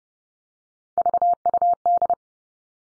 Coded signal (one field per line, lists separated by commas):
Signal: Morse code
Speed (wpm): 30 wpm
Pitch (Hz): 700 Hz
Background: none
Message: VUD